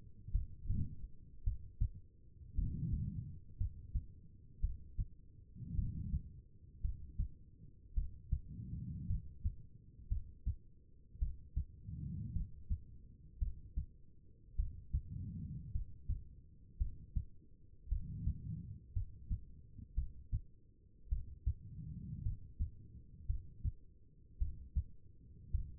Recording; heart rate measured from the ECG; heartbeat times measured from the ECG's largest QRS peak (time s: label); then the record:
heart sounds by stethoscope; 55 bpm
0.32 s: heartbeat
1.44 s: heartbeat
2.55 s: heartbeat
3.57 s: heartbeat
4.60 s: heartbeat
5.75 s: heartbeat
6.81 s: heartbeat
7.94 s: heartbeat
9.07 s: heartbeat
10.08 s: heartbeat
11.19 s: heartbeat
12.33 s: heartbeat
13.39 s: heartbeat
14.56 s: heartbeat
15.72 s: heartbeat
16.78 s: heartbeat
17.88 s: heartbeat
18.93 s: heartbeat
19.94 s: heartbeat
21.09 s: heartbeat
22.23 s: heartbeat
23.26 s: heartbeat
24.38 s: heartbeat
25.51 s: heartbeat
From the record:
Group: healthy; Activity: rest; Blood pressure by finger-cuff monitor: 94/65 mmHg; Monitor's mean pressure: 75 mmHg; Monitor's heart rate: 54 bpm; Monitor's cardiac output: 4.1 L/min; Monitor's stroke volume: 75 mL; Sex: female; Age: 36 years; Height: 163 cm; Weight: 88 kg